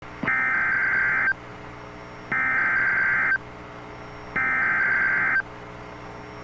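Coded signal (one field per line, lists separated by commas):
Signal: Emergency Alert System (SAME) tones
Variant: header bursts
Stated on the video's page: Real severe thunderstorm warning alert with valid EAS tones.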